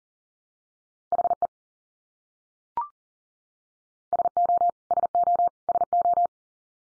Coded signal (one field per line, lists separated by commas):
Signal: Morse code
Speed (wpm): 40 wpm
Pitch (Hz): 700 Hz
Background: none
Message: HE SO SO SO